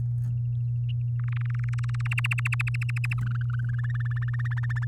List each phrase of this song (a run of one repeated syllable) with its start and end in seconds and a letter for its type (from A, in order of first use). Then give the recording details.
1.20-2.08 A, 2.11-3.14 B, 3.18-4.42 C, 4.44-4.85 D. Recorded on 8 May 2018 at 05:55. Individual llb16